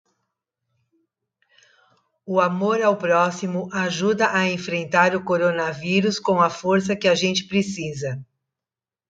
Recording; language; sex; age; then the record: spoken sentence; Brazilian Portuguese; female; 60 to 69 years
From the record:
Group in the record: control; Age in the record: 63 years